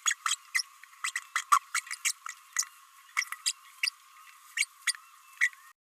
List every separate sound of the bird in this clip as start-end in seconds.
0.05-0.15, 0.25-0.35, 0.55-0.62, 1.04-1.11, 1.35-1.42, 1.52-1.59, 1.74-1.81, 2.04-2.12, 2.58-2.64, 3.46-3.52, 3.83-3.90, 4.57-4.65, 4.87-4.93, 5.40-5.50